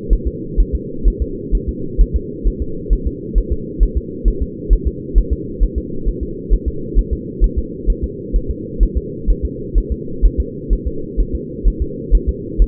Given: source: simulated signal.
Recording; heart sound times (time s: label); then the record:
fetal heart sounds
0.13 s: S1
0.28 s: S2
0.60 s: S1
0.75 s: S2
1.08 s: S1
1.22 s: S2
1.55 s: S1
1.69 s: S2
2.01 s: S1
2.16 s: S2
2.47 s: S1
2.62 s: S2
2.93 s: S1
3.07 s: S2
3.38 s: S1
3.53 s: S2
3.83 s: S1
3.97 s: S2
4.28 s: S1
4.42 s: S2
4.73 s: S1
4.88 s: S2
5.18 s: S1
5.33 s: S2
5.63 s: S1
5.78 s: S2
6.09 s: S1
6.23 s: S2
6.53 s: S1
6.68 s: S2
6.99 s: S1
7.13 s: S2
7.44 s: S1
7.58 s: S2
7.90 s: S1
8.04 s: S2
8.36 s: S1
8.51 s: S2
8.83 s: S1
8.97 s: S2
9.30 s: S1
9.45 s: S2
9.78 s: S1
9.92 s: S2
10.25 s: S1
10.40 s: S2
10.73 s: S1
10.87 s: S2
11.20 s: S1
11.35 s: S2
11.68 s: S1
11.82 s: S2
12.15 s: S1
12.29 s: S2
12.62 s: S1
From the record:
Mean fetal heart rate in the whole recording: 130 bpm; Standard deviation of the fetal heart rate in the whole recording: 2 bpm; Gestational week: 36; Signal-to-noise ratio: -4.3 dB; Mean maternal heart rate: 72 bpm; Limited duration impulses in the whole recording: absent